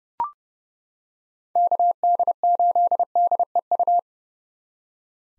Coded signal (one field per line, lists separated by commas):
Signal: Morse code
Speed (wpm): 30 wpm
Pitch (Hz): 700 Hz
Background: none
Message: KD8DEU